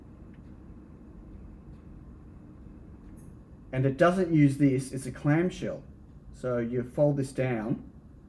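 A hinged clamshell latch on a tiny flex-cable connector on a watch circuit board is handled as it is about to be folded down to lock. Over a quiet low background hum, someone talks from about 3.7 to 7.8 seconds. The clip ends before the latch closes; nothing has seated or clicked yet.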